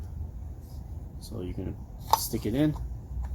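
A new oil filter element is handled at the center clip of the filter housing cap during an oil and air filter change on a 2011-2013 Volkswagen Routan while someone talks. Nothing has seated or clicked yet; the element has not snapped into the clip.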